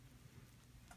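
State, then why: Not seated. A plastic safety-eye backing is handled over the eye's post in a loomed band plush toy body, with low rustling and faint ticking throughout and a brief brighter sound near 0.9 s. Nothing has seated or clicked yet; the clip ends just before the backing goes home.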